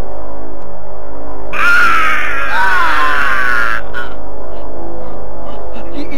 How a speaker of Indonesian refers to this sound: Dari kejauhan terdengar suara sautan yang menyeramkan, melengking pilu bagaikan tangisan iblis dari neraka.